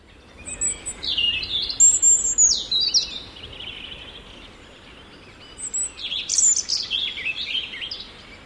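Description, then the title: European robin song: two bursts of high, thin, tumbling warbled phrases mixing sweet whistles and quick trills, separated by a short, quieter pause. Yle nature sound of the week presented by Juha Laaksonen; bright, cheerful song of males. "Viikon luontoääni: Punarinta"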